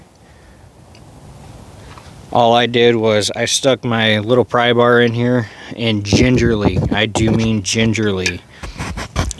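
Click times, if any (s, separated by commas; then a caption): 9.3 s. A new plastic filter is gently pressed onto its support inside a Western Unimount snowplow hydraulic pump reservoir with a small pry bar while someone talks. A sharp, short click at 9.3 s shows the filter has seated.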